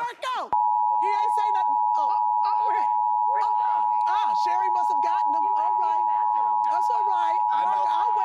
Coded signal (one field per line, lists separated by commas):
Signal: Emergency Alert System (SAME) tones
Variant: 853 and 960 Hz attention tone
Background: speech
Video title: January 2022 DC-Metro Required Monthly Test Day - EAS 84-88